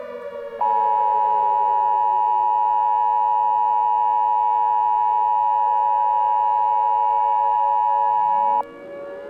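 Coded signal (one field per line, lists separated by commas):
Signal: Emergency Alert System (SAME) tones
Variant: 853 and 960 Hz attention tone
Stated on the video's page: Fictional EAS scenario.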